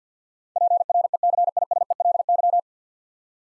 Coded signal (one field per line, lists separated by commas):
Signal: Morse code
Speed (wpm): 49 wpm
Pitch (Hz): 700 Hz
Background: none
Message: PRECISELY